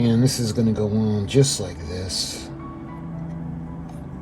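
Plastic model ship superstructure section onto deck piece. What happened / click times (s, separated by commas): The plastic part is being handled but has not seated yet / none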